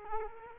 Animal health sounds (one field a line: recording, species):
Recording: mosquito wingbeat signal from an infrared sensor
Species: Culex quinquefasciatus